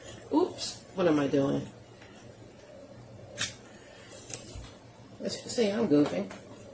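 A blender stick attachment is being brought onto the motor unit of a Megawise 3-in-1 12-speed hand blender while someone talks. Brief handling knocks and a sharp tick come at about 3.4 s and 4.3 s between the speech. The attachment has not seated or clicked into place yet.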